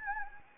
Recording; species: mosquito wingbeat signal from an infrared sensor; Anopheles gambiae